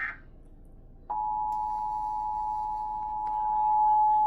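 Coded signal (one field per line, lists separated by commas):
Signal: Emergency Alert System (SAME) tones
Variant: 853 and 960 Hz attention tone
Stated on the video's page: Severe thunderstorm warning received on NOAA weather radio KGG68 and television station KUHT 8.3.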